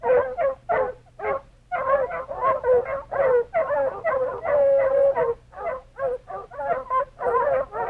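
Dogs barking together as a pack, overlapping sharp barks in bursts, with a short pause early on before the barking resumes.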